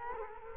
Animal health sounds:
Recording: mosquito wingbeat signal from an infrared sensor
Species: Culex quinquefasciatus

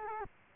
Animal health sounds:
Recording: mosquito wingbeat signal from an infrared sensor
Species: Culex quinquefasciatus

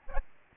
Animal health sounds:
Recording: mosquito wingbeat signal from an infrared sensor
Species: Aedes albopictus

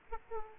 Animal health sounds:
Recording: mosquito wingbeat signal from an infrared sensor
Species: Aedes aegypti

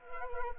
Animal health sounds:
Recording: mosquito wingbeat signal from an infrared sensor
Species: Anopheles arabiensis

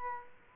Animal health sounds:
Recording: mosquito wingbeat signal from an infrared sensor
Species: Culex quinquefasciatus

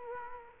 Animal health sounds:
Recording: mosquito wingbeat signal from an infrared sensor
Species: Culex quinquefasciatus

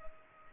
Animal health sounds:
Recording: mosquito wingbeat signal from an infrared sensor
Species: Culex pipiens

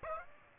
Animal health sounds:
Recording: mosquito wingbeat signal from an infrared sensor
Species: Aedes aegypti

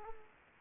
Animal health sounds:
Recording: mosquito wingbeat signal from an infrared sensor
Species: Culex pipiens

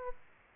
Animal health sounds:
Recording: mosquito wingbeat signal from an infrared sensor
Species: Aedes aegypti

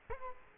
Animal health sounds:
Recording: mosquito wingbeat signal from an infrared sensor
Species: Culex quinquefasciatus

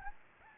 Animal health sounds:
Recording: mosquito wingbeat signal from an infrared sensor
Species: Anopheles gambiae

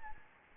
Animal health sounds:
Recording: mosquito wingbeat signal from an infrared sensor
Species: Anopheles gambiae

